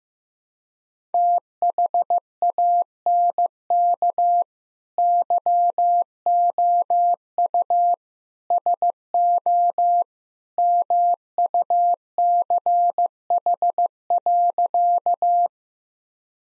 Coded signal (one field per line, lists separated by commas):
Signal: Morse code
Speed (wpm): 15 wpm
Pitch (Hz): 700 Hz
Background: none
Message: THANK YOU SO MUCH.